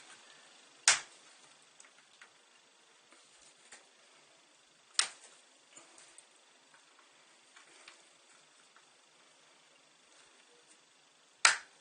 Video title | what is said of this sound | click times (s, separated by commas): Tamiya Aero Avante Rebuild Part 3 Finishing | so they just snap in place | 0.9 s, 5.0 s, 11.4 s